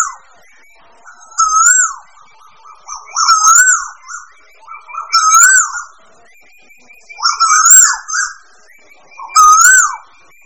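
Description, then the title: Bird song, a looping whistled phrase with a bent whistle and a high wavering note, repeated about every two seconds, five times. Mixed birds. "manuk campur"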